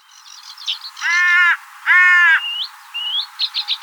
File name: Corvus corone